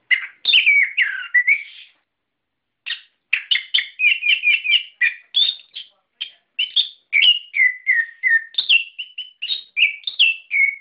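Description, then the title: Bird song, bursts of quick chirps and slurred whistles, a short silence near two seconds, then continuous varied chattering phrases. "SuaraBurung Kicau4"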